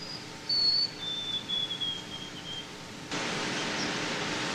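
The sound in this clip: White-throated sparrow song: a high whistle followed by a drawn-out, slightly lower, wavering whistled phrase; a broad hiss sets in near the end.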